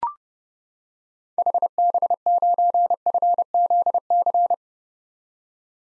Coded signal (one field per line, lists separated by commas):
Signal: Morse code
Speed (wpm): 32 wpm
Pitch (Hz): 700 Hz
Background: none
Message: HB9FZC